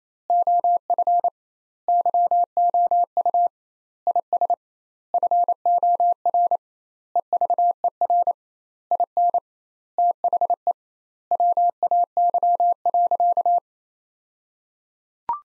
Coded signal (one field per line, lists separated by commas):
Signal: Morse code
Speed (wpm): 28 wpm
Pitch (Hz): 700 Hz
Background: none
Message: OF YOU IS FOR EVER IN THE WAY.